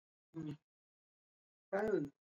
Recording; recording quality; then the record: heavy voluntary cough; poor, much background noise or distortion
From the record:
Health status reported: healthy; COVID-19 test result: not tested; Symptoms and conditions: none ticked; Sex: female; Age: 26 years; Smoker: not ticked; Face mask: not worn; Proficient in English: yes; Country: India